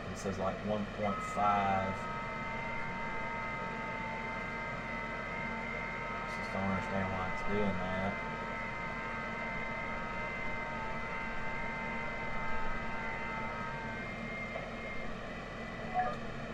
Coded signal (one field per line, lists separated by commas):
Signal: FT8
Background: speech